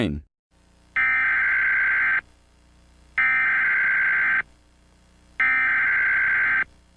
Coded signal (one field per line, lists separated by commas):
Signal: Emergency Alert System (SAME) tones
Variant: header bursts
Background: speech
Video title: SMILE - eas scenario @Crewwfoxx @uhhhhbackupacc